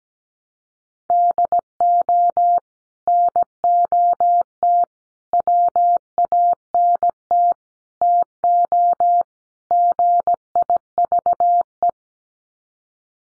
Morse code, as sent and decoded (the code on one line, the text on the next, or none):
-.. --- / -. --- - / .-- .- -. - / - --- / --. .. ...- .
DO NOT WANT TO GIVE